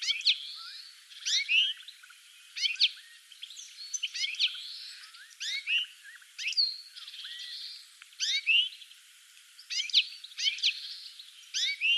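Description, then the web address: Bird calls, separate sharp chirps and short downslurred notes at short intervals over a soft hiss. "cianscape birddata"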